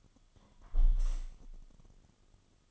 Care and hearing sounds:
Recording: daily activity, microphone in the room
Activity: close window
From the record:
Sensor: 4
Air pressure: 1005.5 hPa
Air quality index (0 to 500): 94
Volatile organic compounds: 2 ppm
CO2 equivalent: 1162 ppm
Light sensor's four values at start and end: 13/29/11/11 and 13/29/11/11

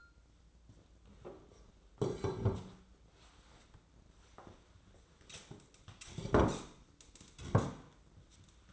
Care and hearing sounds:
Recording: daily activity, microphone in the room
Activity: sit down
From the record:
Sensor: 3

